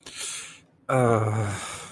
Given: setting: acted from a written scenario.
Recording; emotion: vocal sound without words; shame